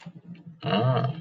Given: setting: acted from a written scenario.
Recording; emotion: vocal sound without words; interest